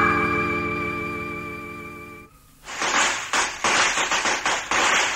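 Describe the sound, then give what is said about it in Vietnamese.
A steady, droning musical tone holds for about two seconds, then cuts out as a loud, dense string of wedding firecrackers, set off for a bride's departure from home, erupts, popping and crackling in rapid, irregular bursts until the end. “Trời ơi, tiếng pháo du quy, tiếng pháo du quy đã bắt đầu nổ rộn phía loan.”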